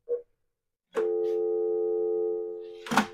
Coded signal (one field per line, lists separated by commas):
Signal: telephone call progress tone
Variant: North America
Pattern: dial tone